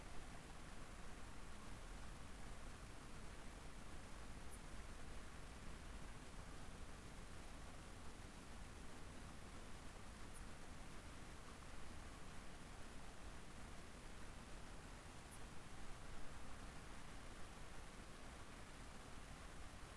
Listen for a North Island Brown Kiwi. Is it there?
no